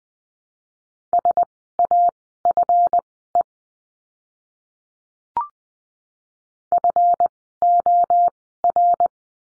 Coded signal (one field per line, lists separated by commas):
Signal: Morse code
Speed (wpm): 20 wpm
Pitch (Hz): 700 Hz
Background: none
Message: SAFE FOR